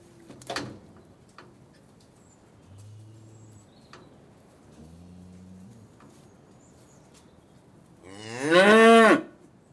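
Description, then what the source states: Cattle: soft low grunts and a knock early on, then a loud, strained bellow near the end that rises in pitch. At a cattle crush.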